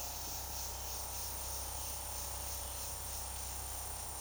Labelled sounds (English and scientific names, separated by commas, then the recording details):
none
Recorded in secondary vegetation near Puerto Asís, Putumayo, Colombia, on 21 February 2024 at 15:00
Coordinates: 0.489, -76.322
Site G6419